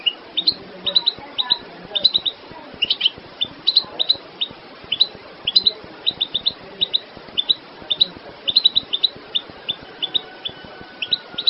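Goldfinch song, sustained tinkling twitter of rapid high chirps in repeated bursts, running steadily for the whole stretch.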